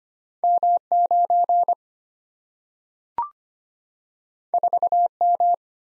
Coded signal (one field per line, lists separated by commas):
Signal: Morse code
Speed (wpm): 25 wpm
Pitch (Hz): 700 Hz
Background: none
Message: M9 4M